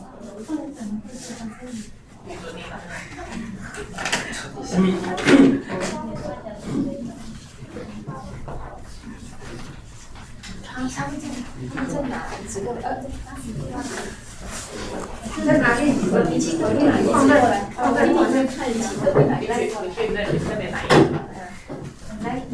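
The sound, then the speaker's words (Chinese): A chair scrapes and bumps across the floor in short, uneven drags as it is brought over for someone to sit at an adult Sunday school class, while several people keep talking over it, with a few sharper knocks along the way. “把椅子拿过来吧。”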